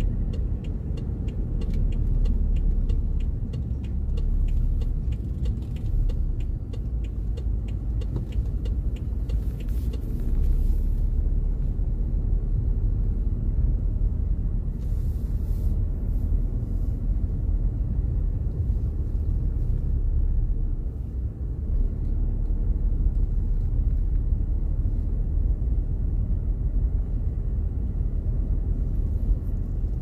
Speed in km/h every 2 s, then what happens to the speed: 30, 20, 14, 11, 12, 13, 16, 14, 14, 13, 13, 13, 14, 13, 8.
0-5 brakes to 11. 5-30 steady at about 13.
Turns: none.